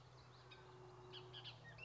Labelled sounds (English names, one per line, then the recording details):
Bullock's Oriole
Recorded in Sonoma County, California